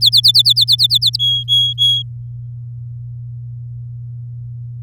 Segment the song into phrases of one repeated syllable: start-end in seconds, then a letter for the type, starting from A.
0.01-1.16 A, 1.19-2.02 B